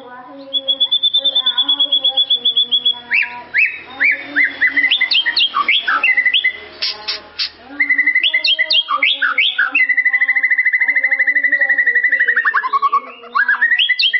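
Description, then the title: White-rumped shama singing loudly with a long, fast, evenly repeated trill, then varied whistles and chattering notes, and a second long trill that slides downward. "murai batu"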